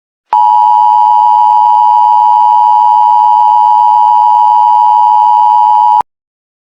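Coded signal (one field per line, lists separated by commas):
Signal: Emergency Alert System (SAME) tones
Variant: 853 and 960 Hz attention tone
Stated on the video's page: Simulated mock EAS alert, not real.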